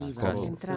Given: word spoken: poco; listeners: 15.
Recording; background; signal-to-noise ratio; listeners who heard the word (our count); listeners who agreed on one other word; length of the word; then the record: one Spanish word in noise, from a listening test; four-talker babble; -1.5 dB; 0 of 15; 7 of 15; 0.37 s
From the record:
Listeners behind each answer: 7, 1, 1, 1, 1, 1, 1, 1, 1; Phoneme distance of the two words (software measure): 10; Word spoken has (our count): 2 syllables, 4 phonemes, stress on syllable 1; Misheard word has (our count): 2 syllables, 4 phonemes, stress on syllable 1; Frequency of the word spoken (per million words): 604.39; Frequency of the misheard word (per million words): 10.15